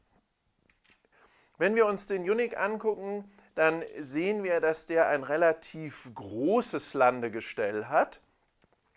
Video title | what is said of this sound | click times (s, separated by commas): Yuneec Typhoon H #03 - Vergleich DJI Phantom 4 (Deutsch) | und dann bis Anschlag einschnappen lassen und das war's wenn | 0.7 s